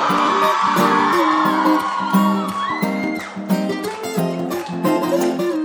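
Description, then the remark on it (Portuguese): A crowd shouts and whoops in loud, sustained bursts, with rising cries carried over a steady bed of music that keeps playing throughout. “apaixonado, solta o grito aí.”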